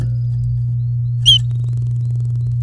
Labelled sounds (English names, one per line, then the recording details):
Domestic Canary song
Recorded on 4 May 2018 at 10:09
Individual llb16